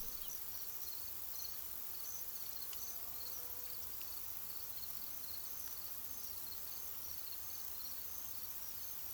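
Crickets chirp in even high pulsed bursts over steady hiss, with a brief faint low tone partway through.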